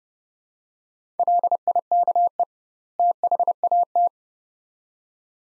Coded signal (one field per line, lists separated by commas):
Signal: Morse code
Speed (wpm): 30 wpm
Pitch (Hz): 700 Hz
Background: none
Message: LIKE THAT